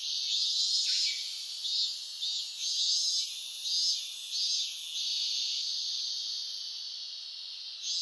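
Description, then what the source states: Robust cicada song, a continuous high shrill buzz with pulsing surges and a few brief dips. Recorded on 1 August 2004.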